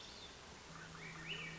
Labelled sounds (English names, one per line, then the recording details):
Swainson's Thrush
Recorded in Sonoma County, California